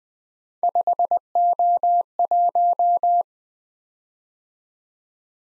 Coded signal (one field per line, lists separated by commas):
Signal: Morse code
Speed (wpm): 20 wpm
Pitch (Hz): 700 Hz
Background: none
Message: 5O1